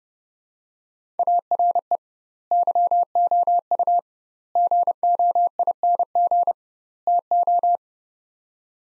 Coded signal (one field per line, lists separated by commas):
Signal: Morse code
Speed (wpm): 32 wpm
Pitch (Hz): 700 Hz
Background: none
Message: ARE YOU GOING TO